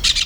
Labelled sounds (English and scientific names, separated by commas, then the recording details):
Brown-throated Parakeet (Eupsittula pertinax) contact call
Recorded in Venezuela
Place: PN Cerro Saroche, Tierras del Sr. Polo, Edo. Lara
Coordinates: 10.171, -69.518